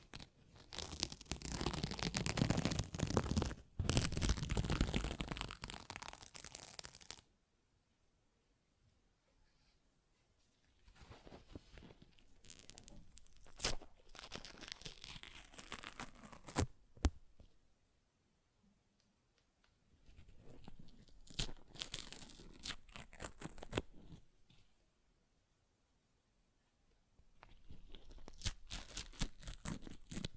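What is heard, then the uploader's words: Paper is ripped and torn in bursts, with a long, loud, rough tear over the first seven seconds. Shorter, quieter tearing and crinkling follow around 10–17, 20–25 and after 27 seconds, with sharp snaps and near-silent pauses in between. ASMR Paper Ripping Tearing Sounds (No Talking).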